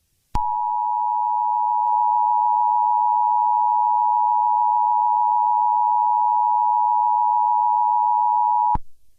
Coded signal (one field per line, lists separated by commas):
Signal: Emergency Alert System (SAME) tones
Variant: 853 and 960 Hz attention tone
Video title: EAS Mock scenario: The Hunted